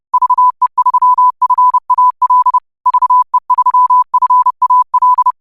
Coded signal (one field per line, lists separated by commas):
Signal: Morse code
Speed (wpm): 30 wpm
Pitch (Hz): 1000 Hz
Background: none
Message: VE3FAL VE3FAL